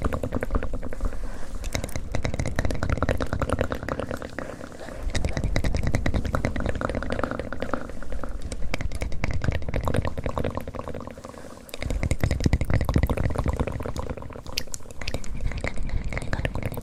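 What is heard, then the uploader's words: Wet mouth sounds and hand noises crackle densely and without pause, full of tiny clicks and smacks like pouring or dripping liquid. The texture stays steady throughout, with fuller, heavier bursts around five and twelve seconds. ASMR Mouth Sounds and Hand Sounds.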